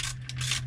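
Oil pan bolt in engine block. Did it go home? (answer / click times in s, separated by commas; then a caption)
no / 0.3 s. An oil pan bolt for an MK4 oil pan is tightened into the aluminium engine block with a torque wrench set to 11 ft-lb, the factory spec. Gritty ratcheting and scraping over a steady low hum is broken by one sharp click at 0.3 s. The bolt's thread strips at that spec torque.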